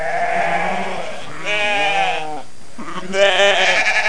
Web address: a group of sheep call